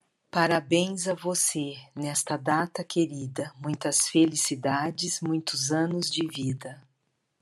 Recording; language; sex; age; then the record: short text; Brazilian Portuguese; female; 50 to 59 years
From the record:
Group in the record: control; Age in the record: 58 years